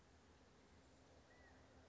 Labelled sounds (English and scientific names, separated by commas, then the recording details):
California Quail (Callipepla californica)
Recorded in Sonoma County, California